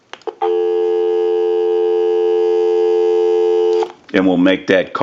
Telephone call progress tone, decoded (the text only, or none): dial tone